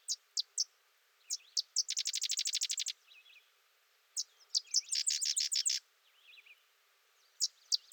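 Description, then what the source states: Sedge wren song: a few dry, high chips leading into a fast, rattling staccato chatter, given twice, with soft buzzy notes in the pauses between. Sedge wren singing close by for over three minutes.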